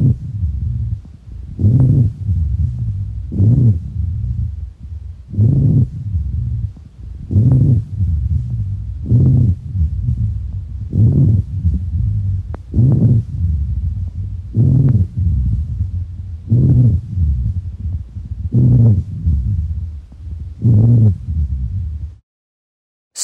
Ronchi are produced by either vibrations of large airways, similar to a wheeze, or by the breakup of air-fluid interfaces, as would be heard when there is significant amounts of exudate in a large airway. Ronchi are often snoring-type sounds that are easily heard. Their presence indicates either upper airway collapse or signals the presence of abnormal accumulations of secretions in large airways.